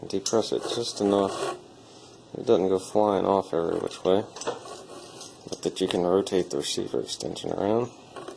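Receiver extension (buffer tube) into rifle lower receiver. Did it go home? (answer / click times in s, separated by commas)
no / none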